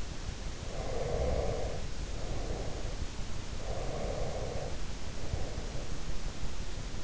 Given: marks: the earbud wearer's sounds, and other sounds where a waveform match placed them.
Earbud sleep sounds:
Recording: sounds in sleep by an in-ear microphone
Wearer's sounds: breath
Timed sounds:
0.58-3.33 s: breath
3.62-6.43 s: breath

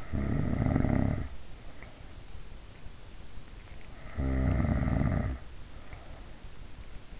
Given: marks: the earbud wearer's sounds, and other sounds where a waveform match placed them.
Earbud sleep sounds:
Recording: sounds in sleep by an in-ear microphone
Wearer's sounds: snoring breath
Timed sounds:
0.00-1.96 s: snoring breath
4.15-6.16 s: snoring breath

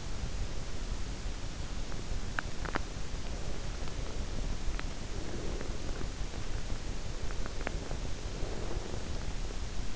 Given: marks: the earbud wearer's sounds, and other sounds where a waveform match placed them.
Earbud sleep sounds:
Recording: sounds in sleep by an in-ear microphone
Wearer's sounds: breath, teeth grinding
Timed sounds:
0.00-2.47 s: breath
2.08-3.31 s: teeth grinding
3.31-6.06 s: breath
7.05-9.39 s: breath

